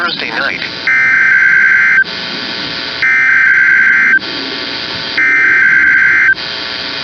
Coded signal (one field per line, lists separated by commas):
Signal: Emergency Alert System (SAME) tones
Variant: header bursts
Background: speech